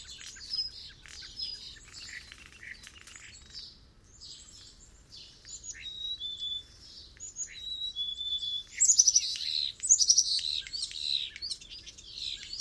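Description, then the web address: Bird calls in a dense chorus of high chirps and short whistles from several birds, growing louder toward the end with bright whistled notes. "Bird Only"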